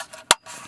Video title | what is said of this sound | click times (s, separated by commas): Jetta Dual USB and AUX - Enfig USBAUX-VW15-2 - Jetta 2016 2017 2018 | Snaps right in. | 0.3 s